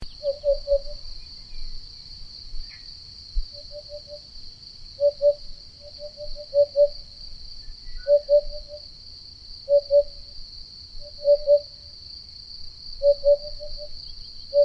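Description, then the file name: Eurasian hoopoe song, a low hollow 'oop-oop-oop' in triplets, repeated many times, with a constant shrill insect hum throughout. "Chant-de-la-Huppe-fasciée-Upupa-Epops"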